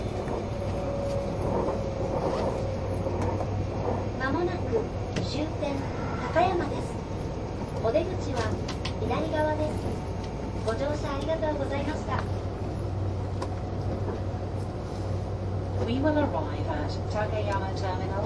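Inside a green train car, a low, steady engine and motor hum runs for the whole stretch, with a faint tone holding just above it. Voices chatter on and off throughout, with a few sharp clicks or knocks around the middle.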